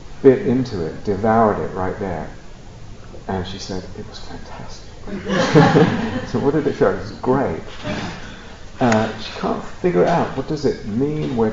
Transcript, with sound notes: bit into it, devoured it right there. And she said, "It was fantastic!" [laughter] "So what did it feel like?" "It was great!" She can't figure out: "What does it mean?